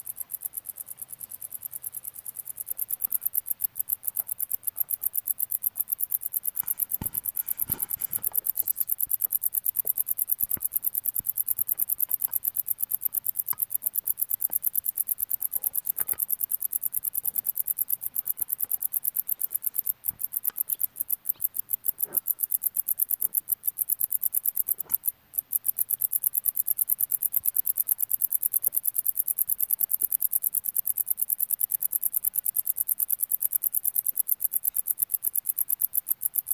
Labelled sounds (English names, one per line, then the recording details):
Wartbiter stridulation
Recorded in the wild
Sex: male
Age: imago
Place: Kloster, Insel Hiddensee, Mecklenburg-Vorpommern, DE
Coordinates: 54.5908, 13.1061
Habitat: dry meadow
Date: 2011-09-04 12:21
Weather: 30,8°C, sunny, weak winds
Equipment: Fostex FR2-LE, Sennheiser ME66, Popschutz
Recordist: Frommolt, Karl-Heinz
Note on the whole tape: Trockenhang nördlich von Kloster: Gesang eines Warzenbeißers. Entfernung ca. 50 cm